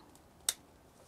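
The end of a hand-pump hose is pushed onto the uncapped fill fitting on the hose line of a Trojan HydroLink battery watering system. After a faint tick at 0.1 s, a single sharp, loud click rings out at 0.5 s and decays quickly into quiet. The coupling is seated.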